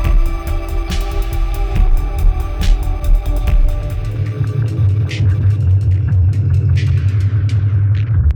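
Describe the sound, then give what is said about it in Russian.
Small toy car tires roll steadily along smooth rail roads as the car sets off after a gear change, a continuous low rumbling whir with a faint tonal hum and scattered light clicks and ticks, loud and even throughout, with no voices. “Герда цыкнула передачей, и мы тронулись, шурша игрушечными шинами по гладким рельсовым дорогам.”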